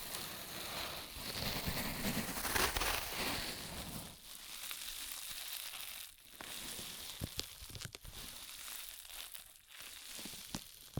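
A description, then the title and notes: ASMR ear massage sounds: a dense, crackling rub with a heavy low rumble for the first four seconds. It then thins to a brighter, scratchy rustle with sharp clicks and pops near six, eight and nine and a half seconds. ASMR 10 Ear Massages for Sleep (No Talking).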